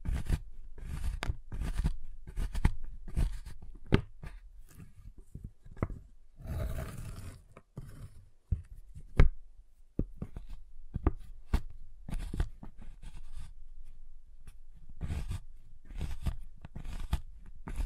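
Tapping and cutting on a giant chocolate bar: a dense, irregular run of short taps and dull low knocks, several each second. Around seven seconds a longer crackling crunch swells, and a sharp single snap stands out just after nine seconds.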